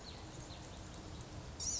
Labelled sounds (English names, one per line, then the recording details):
Blue-gray Gnatcatcher
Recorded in Sonoma County, California